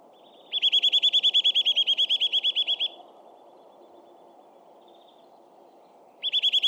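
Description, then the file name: Eurasian nuthatch calling in rapid trills: a long series of bright, evenly spaced whistled notes, a pause of about three seconds, then the trill starts again. "Sitta europaea"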